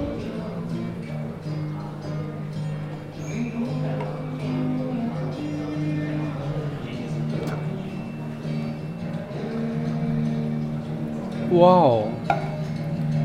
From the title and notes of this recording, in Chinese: 坐在咖啡馆有点开心｜城市声音。北京地坛旁边 没有特地录说话声。